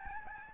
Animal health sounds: mosquito wingbeat signal from an infrared sensor; Aedes albopictus

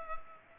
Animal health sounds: mosquito wingbeat signal from an infrared sensor; Culex pipiens

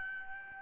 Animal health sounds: mosquito wingbeat signal from an infrared sensor; Aedes albopictus

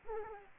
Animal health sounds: mosquito wingbeat signal from an infrared sensor; Aedes aegypti

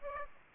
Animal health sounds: mosquito wingbeat signal from an infrared sensor; Aedes aegypti

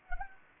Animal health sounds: mosquito wingbeat signal from an infrared sensor; Anopheles gambiae

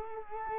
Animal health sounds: mosquito wingbeat signal from an infrared sensor; Culex quinquefasciatus

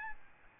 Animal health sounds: mosquito wingbeat signal from an infrared sensor; Aedes albopictus

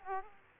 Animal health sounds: mosquito wingbeat signal from an infrared sensor; Aedes aegypti

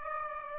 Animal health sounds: mosquito wingbeat signal from an infrared sensor; Aedes aegypti

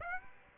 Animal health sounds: mosquito wingbeat signal from an infrared sensor; Aedes aegypti

